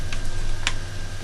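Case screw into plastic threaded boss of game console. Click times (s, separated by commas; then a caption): 0.7 s. A case screw on a PS3 CECH4201 super slim game console is turned a little to the left in its plastic threaded boss until its thread drops into the existing plastic thread, before being driven down. A faint tick at 0.1 s is followed by a sharper, brighter click at 0.7 s over a steady low hum. The screw thread has seated in the plastic thread.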